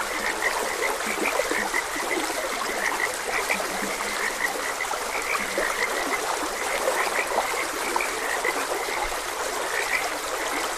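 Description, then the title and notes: Frogs croaking, many short high notes in an unbroken chorus plus scattered low croaks, over continuous running water. Frogs croaking beside a gentle stream. "Frogs Croaking. Sleep and Relaxation Podcast"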